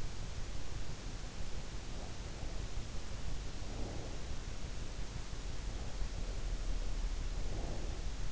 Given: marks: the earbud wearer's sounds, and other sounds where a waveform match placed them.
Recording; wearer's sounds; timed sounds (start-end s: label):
sounds in sleep by an in-ear microphone; breath
1.80-4.27 s: breath
5.70-8.32 s: breath